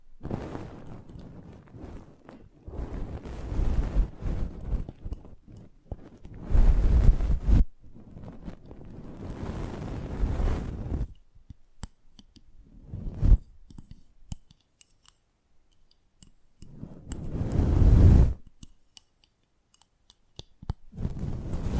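Close-up microphone treatment: bursts of low, rumbling rustle and scraping come and go in irregular stretches, separated by near-silent gaps. Sharp clicks and taps are scattered throughout, with the heaviest rubbing around 7 and 18 seconds.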